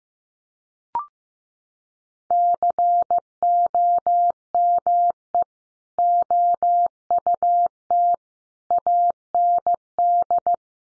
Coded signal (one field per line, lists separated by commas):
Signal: Morse code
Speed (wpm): 15 wpm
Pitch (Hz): 700 Hz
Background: none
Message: COME OUT AND